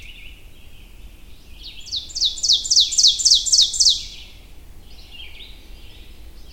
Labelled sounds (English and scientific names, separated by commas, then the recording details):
Ovenbird (Seiurus aurocapilla) song
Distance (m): 10 m
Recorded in boreal forest in Alberta, Canada, on 22 June 2016 at 05:20
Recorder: SongMeter 3, array SBT-6-76
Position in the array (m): 151 m, 103 m
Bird 3